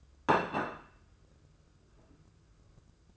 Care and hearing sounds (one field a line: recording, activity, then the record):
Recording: daily activity, microphone in the room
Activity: place plate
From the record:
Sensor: 2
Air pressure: 995.1 hPa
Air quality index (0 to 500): 62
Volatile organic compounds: 2 ppm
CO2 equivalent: 1046 ppm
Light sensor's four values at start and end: 14/45/17/17 and 13/45/17/16